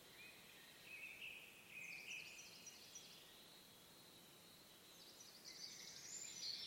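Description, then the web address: Bird calls: faint high chirps and brief whistled notes, some falling in pitch, scattered throughout over a steady background hiss. "cianscape birddata Deverinetal 2025"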